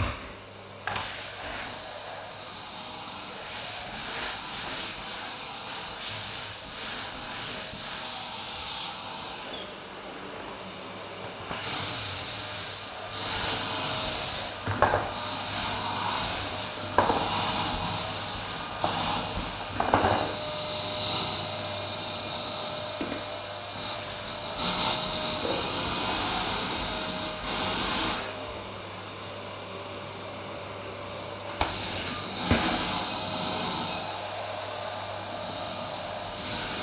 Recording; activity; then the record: daily activity, microphone in the room; vacuum cleaning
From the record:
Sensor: 2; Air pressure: 1010.1 hPa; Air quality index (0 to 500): 162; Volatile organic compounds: 7 ppm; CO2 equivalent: 2030 ppm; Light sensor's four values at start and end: 38/92/41/46 and 39/87/41/46